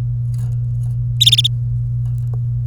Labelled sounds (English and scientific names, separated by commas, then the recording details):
Domestic Canary (Serinus canaria) song
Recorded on 24 April 2018 at 11:16
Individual llb3